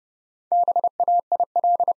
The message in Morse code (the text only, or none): BAIL